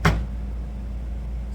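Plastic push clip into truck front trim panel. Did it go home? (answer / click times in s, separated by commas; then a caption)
yes / 0.0 s. A second plastic push clip is pressed into the front trim panel of a 2021 GMC Sierra 2500 HD truck during headlight replacement and grille removal. It gives one sharp snap at 0.1 s, followed by a steady low hum. The clip is seated solidly and that one is done.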